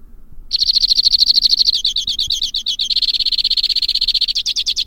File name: suara-kicauan-burung-white-winged-crossbill 2-omkicau